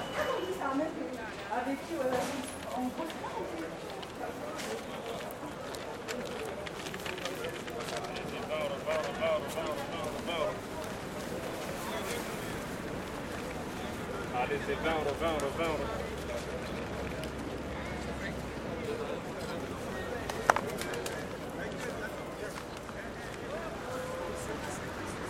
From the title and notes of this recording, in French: À la sauvette - esplanade Gare Saint-Denis. Gare Saint-Denis juin 2018.